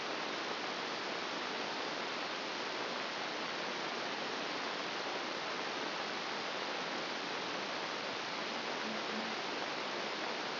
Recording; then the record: brain microelectrode recording played as sound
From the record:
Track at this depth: outside the subthalamic nucleus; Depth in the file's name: 0.641 mm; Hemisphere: left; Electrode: 2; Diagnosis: Parkinson's disease